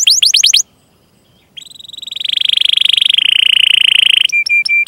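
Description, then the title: Canary song opening with quick chirps, then after a short gap a sustained rapid trill, finishing with clipped repeated whistles. Gacor (vigorous singing) canary with cengkok (melodic turns) and isian (varied fill phrases), for bird-song training. "Kenari Gacor Cengkok Isian Kenarigacor Kicaumania Kenari"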